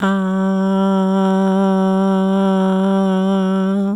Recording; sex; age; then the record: sustained vowel /a/; female; 60 to 69 years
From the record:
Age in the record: 69 years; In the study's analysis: included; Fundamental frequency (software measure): 192 Hz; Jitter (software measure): 0.34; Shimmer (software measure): 0.53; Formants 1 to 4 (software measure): 784 Hz, 1399 Hz, 3052 Hz, 3511 Hz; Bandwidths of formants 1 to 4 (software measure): 347 Hz, 232 Hz, 293 Hz, 379 Hz